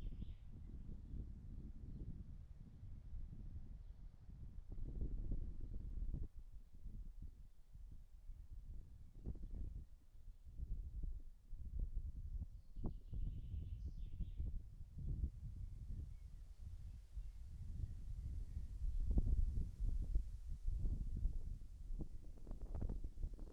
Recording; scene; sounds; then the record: everyday scene through a hearing-aid microphone; wind on the microphone; wind, birds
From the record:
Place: in front of a rural house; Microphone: behind the ear, right, rear